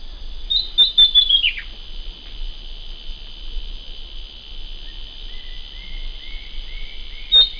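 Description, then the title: Southern Chestnut-tailed Antbird song: a rapid run of high notes falling in pitch early on, another starting at the very end, over a constant high buzzing background. Nominate subspecies hemimelaena, subspecies assumed from the recording location. "LuckyPassaro Completos2Sama. Southern Chestnut-tailed Antbird (Myrmeciza hemimelaena hemimelaena (ssp assumed from location))"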